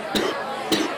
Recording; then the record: coughing mixed with background sound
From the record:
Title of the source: 60 coughing still (deep and wet cough)